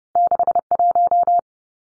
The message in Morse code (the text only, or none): 61